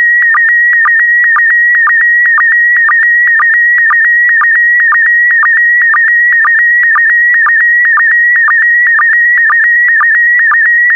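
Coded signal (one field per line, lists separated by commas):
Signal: SSTV (slow-scan television)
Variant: PD120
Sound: continuous warbling whistle near 2 kHz with a short low blip twice per second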